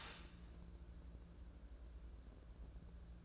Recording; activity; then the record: daily activity, microphone in the room; start toaster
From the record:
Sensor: 2